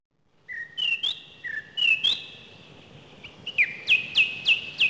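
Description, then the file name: Song thrush singing clear whistled phrases, each repeated two or more times, ending with a run of sharp, ringing notes repeated about every third of a second, over faint background hiss. "Golosa ptic - Pevchij drozd"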